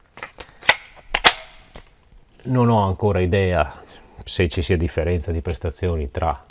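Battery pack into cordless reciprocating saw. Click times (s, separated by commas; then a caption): 1.1 s. A 20 V lithium-ion battery pack is slid into the mount at the back of a Parkside PSSSA 20 Li B2 cordless reciprocating saw, with a few light knocks before a sharp, loud click at 1.2 s as it latches and seats. Someone then talks.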